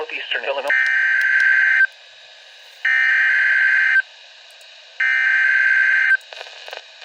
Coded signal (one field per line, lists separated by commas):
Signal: Emergency Alert System (SAME) tones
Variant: header bursts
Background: speech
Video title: CHICAGO CHAOS I | EAS Alerts #3-10